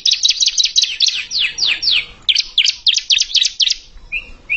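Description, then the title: Bar-winged prinia song with rapid high chips, then slurred down-sweeping notes, then paired chirps, ending in two short thin whistles. "Kicau Ciblek"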